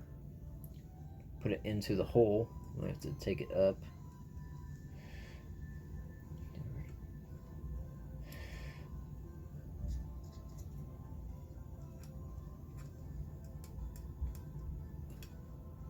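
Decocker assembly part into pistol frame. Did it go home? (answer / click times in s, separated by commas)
no / none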